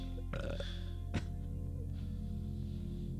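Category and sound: human body sound, burp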